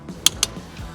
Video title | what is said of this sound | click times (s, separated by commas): 【GRBエンジン】レガシィにGRBエンジンを載せちゃった変態ｗｗｗ スバル レガシィ BP5 ちかおじTV | Yes, it's good. It makes a really nice clicking sound. | 0.3 s, 0.4 s